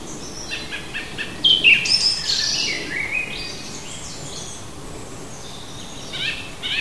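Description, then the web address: Bird song in quick, varied chirping and twittering phrases, loudest in a burst early on, then quieter twitters, with a steady background hiss. Native bird of a hedgerow habitat, recorded in June. "hecke vogel juni heimisch"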